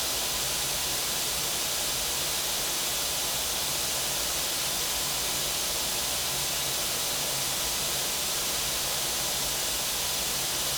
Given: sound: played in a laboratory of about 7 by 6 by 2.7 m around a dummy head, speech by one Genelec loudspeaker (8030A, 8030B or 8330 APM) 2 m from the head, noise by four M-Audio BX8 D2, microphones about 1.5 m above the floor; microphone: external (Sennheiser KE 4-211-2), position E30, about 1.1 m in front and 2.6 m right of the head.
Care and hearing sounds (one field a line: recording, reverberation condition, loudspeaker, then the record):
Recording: white noise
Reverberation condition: medium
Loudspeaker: four, about 170 cm from the corners of the room and facing them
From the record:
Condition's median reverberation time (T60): about 510 ms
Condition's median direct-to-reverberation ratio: about -0.5 dB